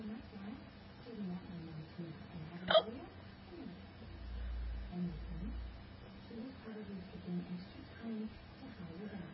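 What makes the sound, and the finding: Adult talking. Hiccups.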